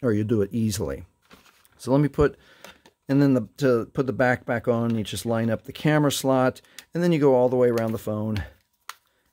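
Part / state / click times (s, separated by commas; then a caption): plastic back cover onto smartphone body / seated / 8.9 s. Someone talks while lining up the plastic back cover of a Vortex HD65 smartphone with the camera slot and pressing it closed all the way around the phone's edges, after opening it to add an SD card or change the SIM chip. One sharp snap is heard at 8.9 s as the back cover seats onto the phone body.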